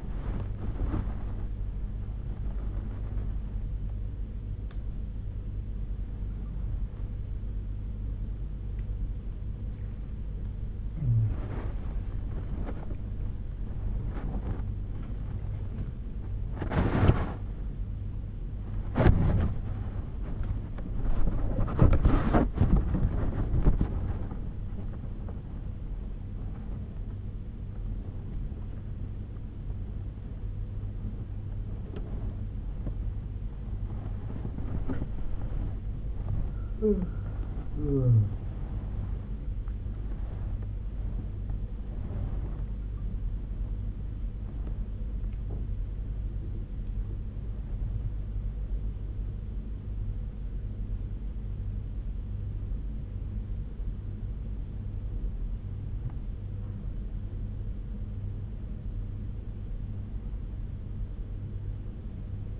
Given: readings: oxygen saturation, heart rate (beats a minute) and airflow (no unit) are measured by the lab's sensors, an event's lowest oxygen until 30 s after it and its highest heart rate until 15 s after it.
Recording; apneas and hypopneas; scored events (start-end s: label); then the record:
a person awake in a sleep study, by a smartphone at the bedside; none
0.00-62.60 s: awake
From the record:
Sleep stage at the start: awake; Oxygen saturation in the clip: 82 to 83%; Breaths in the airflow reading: 15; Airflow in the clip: -9.3 to 8.9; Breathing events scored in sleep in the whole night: 201 in 6.5 hours asleep